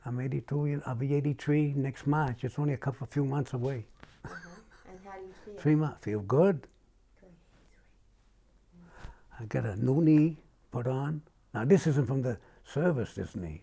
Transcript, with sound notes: I'm eight-two years - I'll be eighty- three next March. It's only a couple - a few months away. [laughs]
And how do you feel?
Three mo - feel good! I got a new knee put on, now this isn't from the service, this knee.